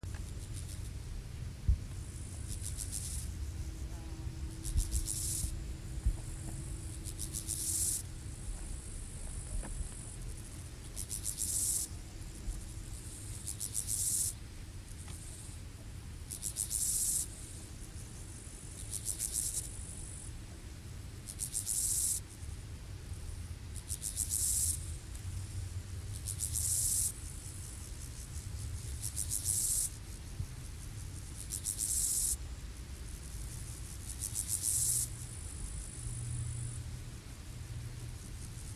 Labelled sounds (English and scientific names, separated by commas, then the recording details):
Steppe Grasshopper (Chorthippus dorsatus) stridulation
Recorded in the wild
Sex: male
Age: imago
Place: Strausberg, Annatal, Brandenburg, DE
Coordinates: 52.5169, 13.8453
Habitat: meadow
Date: 1989-09-17
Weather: 25 °C im Schatten
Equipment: Riporter 6 RG-K, Sennheiser MKH 416 T, Halbspur
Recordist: Frommolt, Karl-Heinz
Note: Gesang